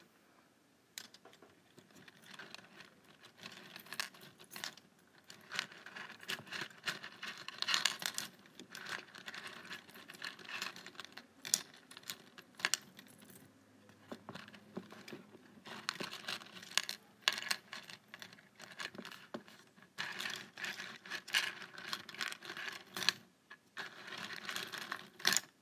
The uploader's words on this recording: ASMR Tapping a Paperclip on my Table.